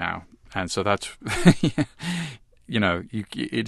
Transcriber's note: soundbite of laughter